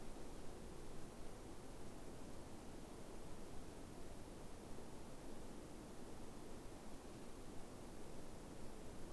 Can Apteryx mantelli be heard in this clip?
no